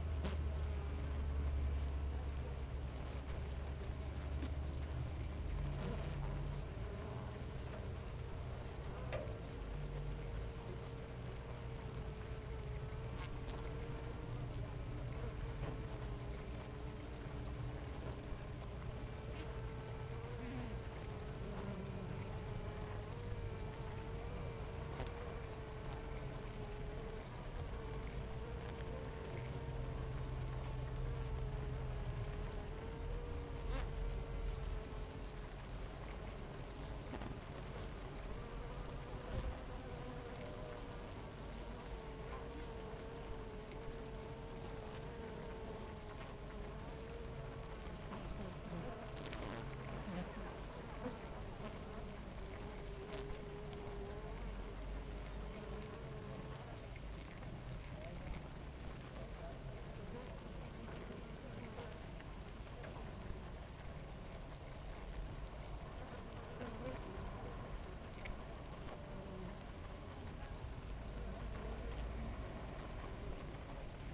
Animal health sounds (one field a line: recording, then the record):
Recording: honeybee colony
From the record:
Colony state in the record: active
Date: 28 July 2017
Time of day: 7:41